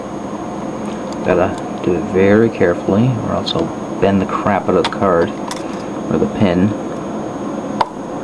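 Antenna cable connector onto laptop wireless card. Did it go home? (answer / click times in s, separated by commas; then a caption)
yes / 7.8 s. Someone talks while carefully pressing the white auxiliary antenna wire's tiny coax snap connector onto the wireless card terminal of an Acer Aspire 5570Z laptop, with a steady background hum. A sharp snap at 7.8 s marks the connector popping into place, seated.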